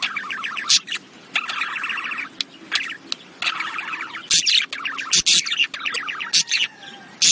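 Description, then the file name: Budgerigar chattering with rapid warbling notes and scratchy chirps, interrupted by brief clicks and short gaps throughout. "Budgie Sounds"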